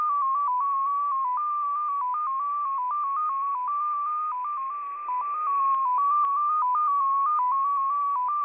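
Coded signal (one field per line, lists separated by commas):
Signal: numbers station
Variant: XPA2 MFSK data mode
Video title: XPA2 Data Mode 27/09/2023 0910 UTC 18206kHz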